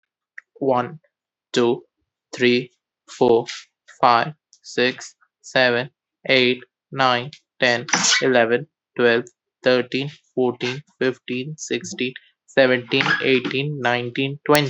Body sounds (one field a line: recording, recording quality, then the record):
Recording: counting at a normal pace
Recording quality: excellent, no background noise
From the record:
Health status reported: healthy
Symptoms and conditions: none ticked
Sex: male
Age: 20 years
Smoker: not ticked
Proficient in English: yes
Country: India